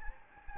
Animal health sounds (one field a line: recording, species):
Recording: mosquito wingbeat signal from an infrared sensor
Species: Anopheles gambiae